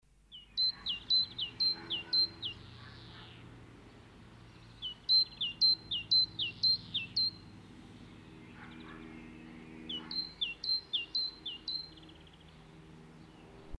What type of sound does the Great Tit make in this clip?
song